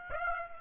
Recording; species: mosquito wingbeat signal from an infrared sensor; Aedes aegypti